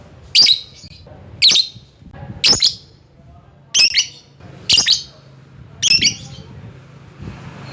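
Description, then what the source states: Lovebird calling with several loud, grating chirps spaced about a second apart, each a brief screechy note. Lovebird calling to a rival.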